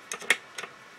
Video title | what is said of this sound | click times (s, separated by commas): Bicycle Saddle Creaking: Saddle Removal, Lubrication, Replacement, Tilt | the torque wrench clicks and you know you're at the right torque. | 0.3 s